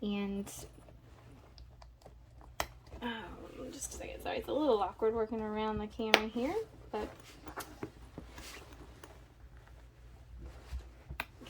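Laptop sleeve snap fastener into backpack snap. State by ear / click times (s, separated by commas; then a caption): seated / 11.2 s. A laptop sleeve's snap fastener is pressed into its mating half inside a fabric backpack while someone talks, with soft handling and rustling sounds. A sharp snap is heard at 11.2 s, and the fastener is confirmed snapped in place.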